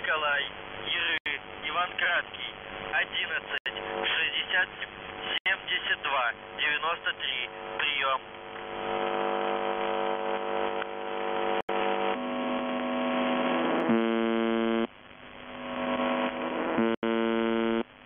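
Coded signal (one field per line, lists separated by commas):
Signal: numbers station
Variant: UVB-76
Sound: a voice speaking over shortwave noise, then a harsh repeating buzz with brief breaks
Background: radio static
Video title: The Buzzer/UVB-76(4625Khz) May 7th 2020 15:49UTC Voice message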